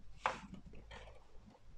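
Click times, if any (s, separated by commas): none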